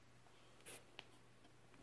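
A laptop-style RAM stick is being handled and pushed toward the memory slot of a 2010 iMac desktop, giving a short scraping rustle around 0.6–0.8 s and a faint sharp tick near 1.0 s over a low steady hum. Nothing has seated or clicked into the slot yet.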